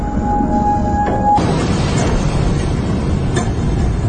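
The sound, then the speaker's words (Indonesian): Thunder rumbling low and steady across the whole stretch, a dense continuous roar with a couple of faint sharper cracks rising out of it; no one speaks. “Suara gemuruh petir mulai terdengar.”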